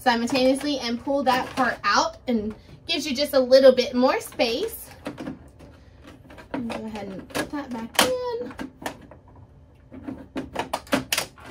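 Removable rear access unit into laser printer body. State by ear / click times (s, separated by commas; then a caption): seated / 11.1 s. A removable plastic rear access unit, pulled out of a laser printer by pressing two buttons to clear a paper jam, is pushed back into the printer body while someone talks. A short series of plastic knocks and clacks builds toward the end, ending in a sharp click at 11.1 s as the unit locks back into place.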